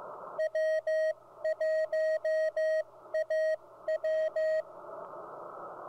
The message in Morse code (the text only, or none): W1AW